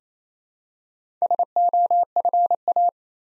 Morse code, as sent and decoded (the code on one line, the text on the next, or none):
... --- ..-. .-
SOFA